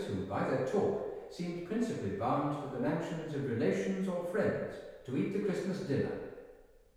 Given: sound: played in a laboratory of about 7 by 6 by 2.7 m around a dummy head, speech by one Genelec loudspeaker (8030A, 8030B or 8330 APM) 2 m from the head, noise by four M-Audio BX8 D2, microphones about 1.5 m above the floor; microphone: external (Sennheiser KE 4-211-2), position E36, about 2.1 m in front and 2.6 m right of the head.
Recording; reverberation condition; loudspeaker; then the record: male speech in English; high; behind (180 degrees)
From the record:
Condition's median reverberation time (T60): about 1300 ms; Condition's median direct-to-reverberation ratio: about -4.0 dB